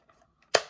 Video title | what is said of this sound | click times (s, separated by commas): Unboxing & Review: Amazon Prime Days Haul & Awesome Gifted Postcards! - My Second TEMU Order Wow! | clicks into place | 0.5 s